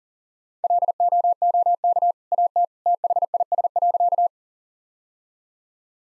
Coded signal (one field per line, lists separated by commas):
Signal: Morse code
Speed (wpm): 40 wpm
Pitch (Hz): 700 Hz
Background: none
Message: LOOK AT THIS.